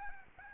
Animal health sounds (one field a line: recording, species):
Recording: mosquito wingbeat signal from an infrared sensor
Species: Aedes albopictus